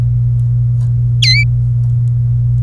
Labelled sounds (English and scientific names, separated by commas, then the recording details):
Domestic Canary (Serinus canaria) song
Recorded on 26 April 2018 at 16:38
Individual llb3